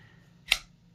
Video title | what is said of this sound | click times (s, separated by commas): TwoSun TS338 - Overview and Review | Nice and smooth, and click into place. | 0.5 s